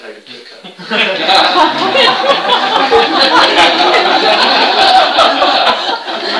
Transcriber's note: laughter